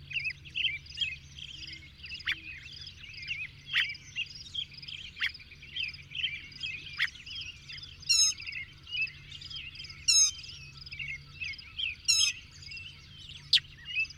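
Birds singing in a dense chorus of chirps and whistled notes, with a few sharp high trills and a steady low hum beneath.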